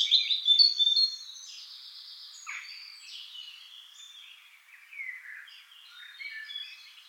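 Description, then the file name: European robin song, a loud burst of high trilled whistles, then a drawn-out sequence of softer, thin, wavering warbles. "Erithacus rubecula"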